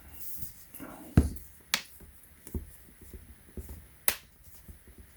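A plastic protective case shell for a MacBook Pro M1 is pressed onto the laptop body, producing several sharp clicks. The clearest snap comes at 4.1 s, when the clips seat fully and the case is on. Someone talks.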